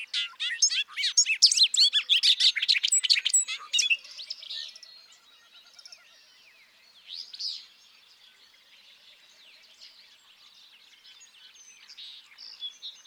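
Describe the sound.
Bobolink song opens with a loud, rapid jangle of tinkling, bubbling notes for four seconds, followed by quieter scattered twitters and one brief burst.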